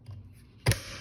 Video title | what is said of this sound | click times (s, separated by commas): Whirlpool washer transmission change! | latched into place. | 0.7 s